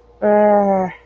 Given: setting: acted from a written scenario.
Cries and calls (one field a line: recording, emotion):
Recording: vocal sound without words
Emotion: guilt